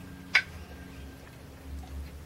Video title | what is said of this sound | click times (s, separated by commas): How to remove the valves from an Alfa Romeo Boxer engine | you'll hear a slight click as the magnet picks up one of the half cotters. | 0.4 s